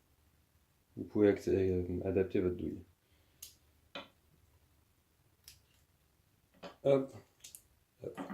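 Someone talks while a socket adapter from a compact WERA Tool Check Plus set is handled and fitted toward the compact screwdriver/ratchet bit holder, with a few short handling ticks around 3.4 s, 4.0 s, 5.5 s and 7.5 s. Nothing has seated or clicked yet when the clip ends.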